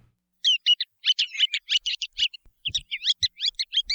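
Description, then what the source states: Ruddy turnstone rattling calls, quick bursts of harsh chattering notes in two long runs, with a few low thumps underneath. Known in Hawaii as Akekeke; a medium-sized sandpiper whose rattling call gives a clue to its name.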